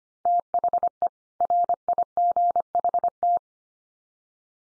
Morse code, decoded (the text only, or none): THE RIGHT